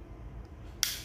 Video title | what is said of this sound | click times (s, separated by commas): TIPS CARA MENGHILANGKAN LAMBANG KUNCI PADA INSTRUMEN PANEL DI ALL NEW RUSH !!! | kalian tekan pinggiran sininya perlahan-lahan sampai bunyi klik. Nah, | 0.8 s